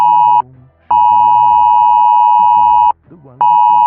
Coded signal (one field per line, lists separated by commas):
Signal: Emergency Alert System (SAME) tones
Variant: 853 and 960 Hz attention tone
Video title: EAS Shorts: GRIMACE